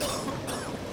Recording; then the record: coughing mixed with background sound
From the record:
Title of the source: Coughing 79